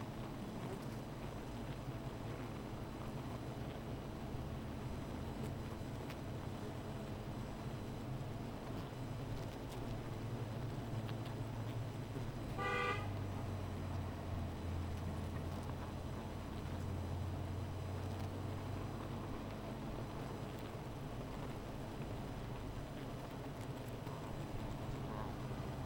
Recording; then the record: honeybee colony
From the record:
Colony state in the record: missing queen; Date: 14 July 2017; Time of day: 15:55